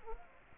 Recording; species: mosquito wingbeat signal from an infrared sensor; Culex quinquefasciatus